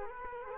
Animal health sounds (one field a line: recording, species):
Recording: mosquito wingbeat signal from an infrared sensor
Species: Culex quinquefasciatus